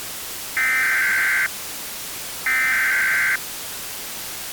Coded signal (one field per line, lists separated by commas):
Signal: Emergency Alert System (SAME) tones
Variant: header bursts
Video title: One lonely storm goes boom (EAS Scenario)